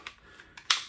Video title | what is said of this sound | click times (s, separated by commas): New Build and Unboxing from Warrior Land. | really nice. It locks and | 0.7 s